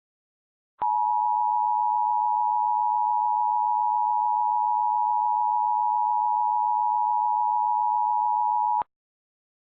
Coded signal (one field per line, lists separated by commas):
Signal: Emergency Alert System (SAME) tones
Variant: 853 and 960 Hz attention tone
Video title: {EAS Mini} Silence